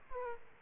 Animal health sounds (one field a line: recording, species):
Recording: mosquito wingbeat signal from an infrared sensor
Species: Aedes aegypti